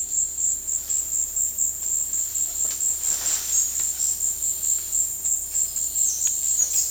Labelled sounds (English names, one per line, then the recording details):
none
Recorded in dense forest near Puerto Asís, Putumayo, Colombia, on 19 February 2024 at 16:30
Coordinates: 0.485, -76.318
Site G6408